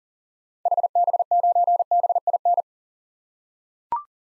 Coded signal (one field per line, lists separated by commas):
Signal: Morse code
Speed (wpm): 38 wpm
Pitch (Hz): 700 Hz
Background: none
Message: HB9BIN